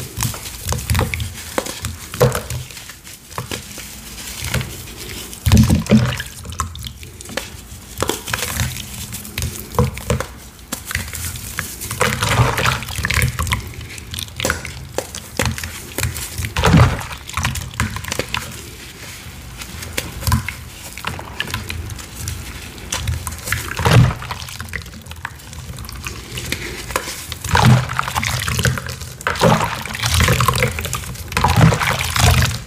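Gym chalk and cornstarch are crushed, poured and mixed in a dense, continuous run of soft crunching and sifting. Short bright crackles and squeaks come every second or so over a low, steady rumble, with occasional louder squeezes throughout.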